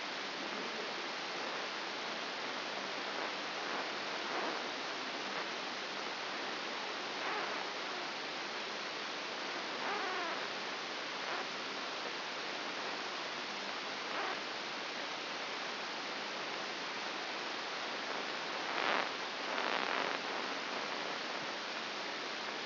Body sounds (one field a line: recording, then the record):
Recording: brain microelectrode recording played as sound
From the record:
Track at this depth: outside the subthalamic nucleus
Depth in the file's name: 6.501 mm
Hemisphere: left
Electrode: 2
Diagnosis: Parkinson's disease